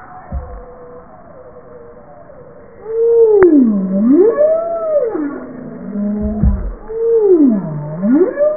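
Bowhead whale moans sliding down and back up in smooth U-shaped sweeps, with a few short low knocks and fainter overlapping tones in the background.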